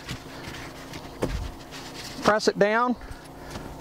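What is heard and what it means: An insulated concrete form foam block is lined up by its nail strips on the interlock of the block below, ready to be pressed down. Someone talks over a steady background hum with a few soft handling taps. Nothing has seated or clicked yet.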